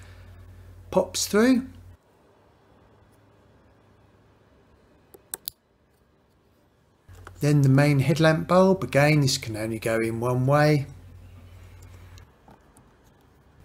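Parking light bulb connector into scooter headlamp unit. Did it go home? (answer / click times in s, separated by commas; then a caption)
yes / 5.3 s, 5.5 s. The plastic parking light bulb connector, which only fits one way, is pushed fully into the headlamp unit of a Vespa GTS scooter until its retaining clip pops up. Two sharp clicks sound at 5.3 and 5.5 seconds and the connector seats. Someone talks before and after the clicks.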